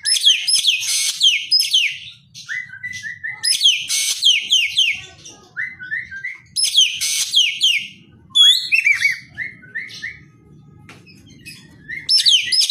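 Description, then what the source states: Javan green magpie singing: repeated rushes of shrill, downward-slurred whistles, interspersed with short trains of lower, clear notes, continuing in waves throughout. Described as gacor, meaning singing vigorously.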